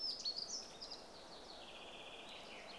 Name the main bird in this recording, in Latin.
Fringilla coelebs